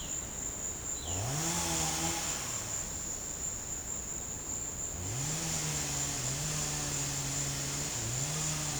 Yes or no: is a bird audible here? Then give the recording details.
no. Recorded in secondary vegetation near Puerto Asís, Putumayo, Colombia, on 18 December 2024 at 14:30. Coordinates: 0.489, -76.322. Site G059